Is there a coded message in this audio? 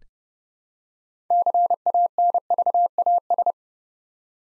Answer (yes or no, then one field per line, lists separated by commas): yes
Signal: Morse code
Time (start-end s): 1.3-3.5 s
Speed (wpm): 30 wpm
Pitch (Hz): 700 Hz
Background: none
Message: CANVAS